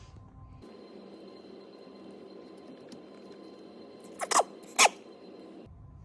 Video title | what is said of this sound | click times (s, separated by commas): Toyota Yaris Headlamp switch / airbag rotary switch replacement | And just feel that's locked into place now, so I can now remove the lock-in tab. | 2.9 s, 4.6 s